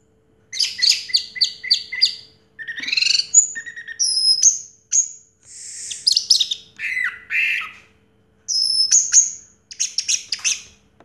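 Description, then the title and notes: Orange-headed thrush song, a rich varied run of rapid chirps, trills and sharp high whistles in bursts separated by brief pauses. Indonesian 'teler' song style with a clear voice; part of a complete collection of this thrush's sounds. "Anis Merah Teler Suara Jernih. kumpulan suara anis merah lengkap"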